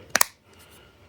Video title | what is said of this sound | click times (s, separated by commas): CLOGGED FLASHFORGE 3 D PRINTER & NEW UPGRADES | you got to snap it in place | 0.2 s